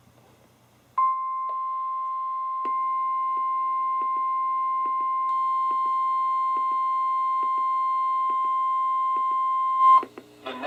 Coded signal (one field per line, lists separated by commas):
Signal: Emergency Alert System (SAME) tones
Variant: 1050 Hz attention tone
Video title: EAS #53-#67: Spring has begun! | KHB36